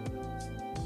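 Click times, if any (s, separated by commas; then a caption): none. During the transformation of an X-Transbots MX-10 Virtus (Masterpiece Springer) transforming robot toy into robot mode, a plastic figure part that is not all the way in is handled and pushed toward its slot. Steady background music plays throughout, with soft bursts of handling noise around 0.1 s, 0.4 s and 0.8 s. Nothing has seated or clicked yet; the part is not yet home.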